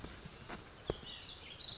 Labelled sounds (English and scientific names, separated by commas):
White-breasted Nuthatch (Sitta carolinensis)